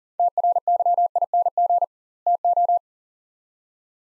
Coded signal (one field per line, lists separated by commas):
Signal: Morse code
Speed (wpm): 40 wpm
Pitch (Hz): 700 Hz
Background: none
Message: TRYING TO